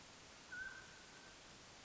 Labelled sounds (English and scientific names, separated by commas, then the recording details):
Mountain Quail (Oreortyx pictus)
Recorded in Sonoma County, California